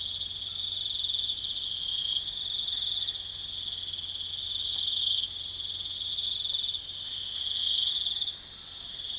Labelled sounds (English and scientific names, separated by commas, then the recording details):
none
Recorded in pastures near Puerto Asís, Putumayo, Colombia, on 25 June 2025 at 22:30
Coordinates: 0.502, -76.324
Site G010